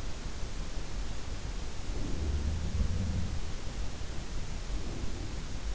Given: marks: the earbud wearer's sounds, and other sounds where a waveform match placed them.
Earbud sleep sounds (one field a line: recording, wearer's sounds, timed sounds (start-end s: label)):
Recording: sounds in sleep by an in-ear microphone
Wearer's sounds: breath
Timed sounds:
1.82-2.74 s: breath
2.19-3.56 s: sound from someone else or the room
4.63-5.56 s: breath